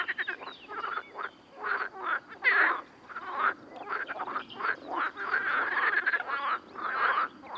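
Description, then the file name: Amphibians croaking in many repeated rasping bursts, several callers overlapping. Amphibian ambience. "AMBAmphibiens"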